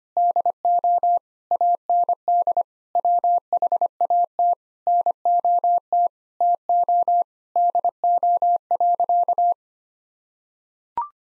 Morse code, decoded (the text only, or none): DO AND WHAT NOT TO DO.